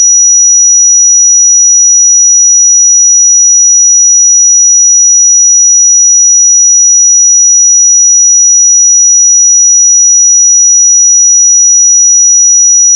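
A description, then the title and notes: A pure 5850 Hz sine tone plays, high and piercing, holding at one unchanging pitch and level for the full thirteen seconds. There are no breaks, wavering or other sounds behind it. At the very end there is only a tiny click. 5850 Hz 1 Hz Interval Sine Pure Tone Frequency 441000 Sample Mono.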